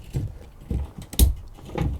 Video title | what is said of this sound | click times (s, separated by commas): Learn the DMTL System! - P0442 EVAP Micro Leak Diagnosis on BMW E90 DIY | there we go heard the click | 1.2 s